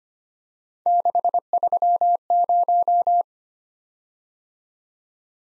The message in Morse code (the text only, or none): 630